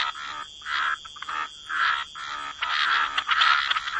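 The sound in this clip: Frog chorus of rough croaking bursts, loosely spaced at first and then packed tightly, with a steady high hum behind.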